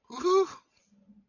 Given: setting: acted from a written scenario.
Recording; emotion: vocal sound without words; elation